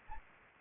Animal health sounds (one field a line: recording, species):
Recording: mosquito wingbeat signal from an infrared sensor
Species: Anopheles gambiae